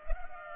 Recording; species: mosquito wingbeat signal from an infrared sensor; Culex pipiens